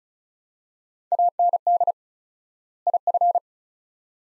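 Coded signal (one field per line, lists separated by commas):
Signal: Morse code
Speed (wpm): 36 wpm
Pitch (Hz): 700 Hz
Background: none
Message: AND IF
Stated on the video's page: Morse practice at 35 wpm sending two-word sets with 4x word spacing, a Farnsworth-like method applied to words; each set is sent, spoken, then sent again.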